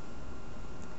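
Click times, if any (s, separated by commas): none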